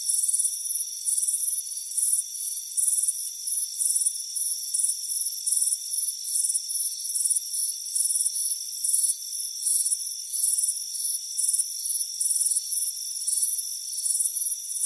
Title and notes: Soothing Crickets Chirping Sound. Deep Sleep Sounds